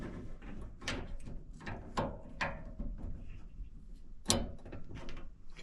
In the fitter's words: Okay, I felt that one snap into place.